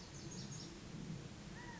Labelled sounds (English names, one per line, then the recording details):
California Quail
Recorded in Sonoma County, California